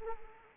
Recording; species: mosquito wingbeat signal from an infrared sensor; Anopheles arabiensis